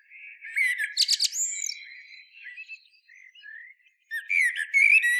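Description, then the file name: Common blackbird song: soft warbling notes, then a loud high twittering squeak with a thin slurred whistle, quieter notes, and a final twittering burst. "Turdus merula"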